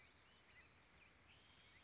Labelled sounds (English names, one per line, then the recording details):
Bewick's Wren
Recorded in Sonoma County, California